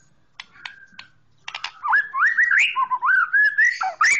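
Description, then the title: Oriental magpie-robin song: scattered clicks, then a flowing run of rising and falling whistled phrases mixed with short harsh notes. Chirping song. "Kicau Kacer"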